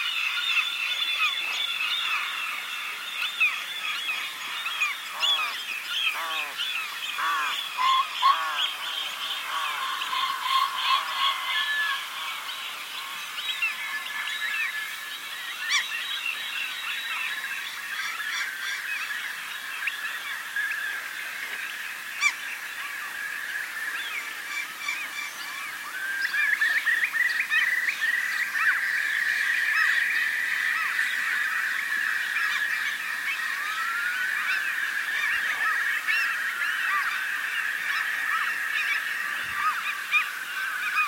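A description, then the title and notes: Dense, overlapping bird calls fill an open meadow, with honking, goose-like voices and chattering birds layered throughout, softened by a touch of reverb. The chorus stays bright and busy, thickening after about 26 seconds into a louder, steadier wall of calls. Meadow Polyphony. A mix of original field recordings with a touch of reverb.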